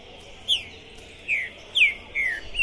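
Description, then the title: Green-winged saltator giving five spaced, rich whistled notes that drop in pitch, in under three seconds. Captive bird chirping, singing and 'macheando' (competitive display singing) while warming up at a songbird tournament entrance, 2021. "Esse É PERFEITO Para ESQUENTAR Seu TRINCA Piando, Cantando E Macheando Na DISPUTA. Esse TRINCA FERRO ficou POSSUÍDO na PORTA do TORNEIO!. Trinca Ferro Pistoleiro 2021!"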